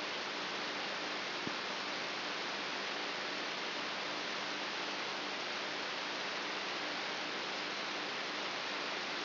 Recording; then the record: brain microelectrode recording played as sound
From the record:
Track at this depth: inside the subthalamic nucleus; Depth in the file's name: 3.84 mm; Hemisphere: right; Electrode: 3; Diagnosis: Parkinson's disease